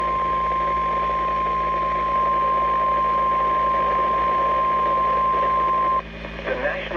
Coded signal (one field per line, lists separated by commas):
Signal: Emergency Alert System (SAME) tones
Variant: 1050 Hz attention tone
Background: speech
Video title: EAS 13 - Severe Thunderstorm Warning for Bergen County NJ